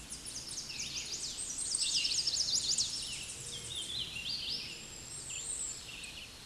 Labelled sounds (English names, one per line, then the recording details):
Chestnut-sided Warbler song
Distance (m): 20 m
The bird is about level with the microphone
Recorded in a Pennsylvania forest on 16 May 2024 at 08:50
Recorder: AudioMoth, point MSD-2478
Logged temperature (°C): 15.6 °C
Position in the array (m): 63 m, 176 m